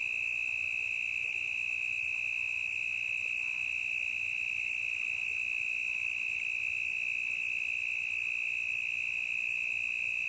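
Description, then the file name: Cricket with an intense, level, ringing trill running without a break the whole time. Intense cricket chirping in a forest, stereo recording. "Grilo intenso na mata"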